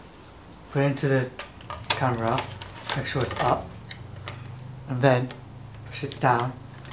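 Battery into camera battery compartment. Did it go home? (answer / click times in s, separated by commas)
no / none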